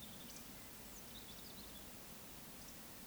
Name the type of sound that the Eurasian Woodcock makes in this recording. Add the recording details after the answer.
whistle. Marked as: whistle, whistle. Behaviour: display flight. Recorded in Baden-Württemberg, Germany, on 15 May 2020 at 19:08 UTC. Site 46190, 1214 m above sea level